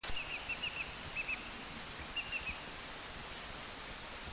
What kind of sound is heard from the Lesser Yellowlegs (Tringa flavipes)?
flight call